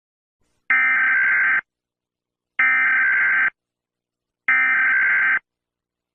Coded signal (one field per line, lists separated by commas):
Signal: Emergency Alert System (SAME) tones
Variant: header bursts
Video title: EAS Broadcast:Kidnapper (Raven Brooks Reports)